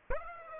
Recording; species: mosquito wingbeat signal from an infrared sensor; Aedes aegypti